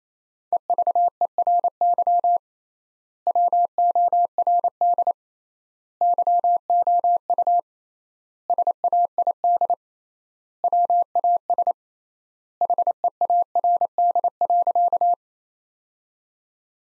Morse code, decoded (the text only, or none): EVERY WORD YOU SAID WAS HEARD.